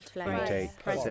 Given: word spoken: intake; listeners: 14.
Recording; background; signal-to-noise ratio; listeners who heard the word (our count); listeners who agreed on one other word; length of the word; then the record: one English word in noise, from a listening test; four-talker babble; -2.2 dB; 0 of 14; 7 of 14; 0.70 s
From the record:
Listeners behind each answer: 7, 2, 1, 1, 1, 1, 1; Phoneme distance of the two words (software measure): 20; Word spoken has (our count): 2 syllables, 5 phonemes, stress on syllable 1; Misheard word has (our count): 2 syllables, 5 phonemes, stress on syllable 2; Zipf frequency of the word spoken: 3.46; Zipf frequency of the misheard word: 2.99